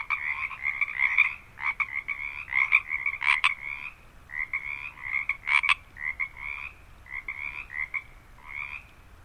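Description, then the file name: Frog chorus of raspy croaks, several callers overlapping in quick pulsed bursts, a few louder sharp calls rising above the rest, then a brief lull before the calls resume. Frogs recorded at Harbin Hot Springs. "Quiet American - Harbin Hotsprings Frogs"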